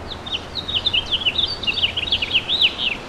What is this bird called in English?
House Finch